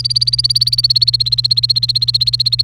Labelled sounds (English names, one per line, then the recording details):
Domestic Canary song
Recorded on 29 April 2018 at 06:39
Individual llb3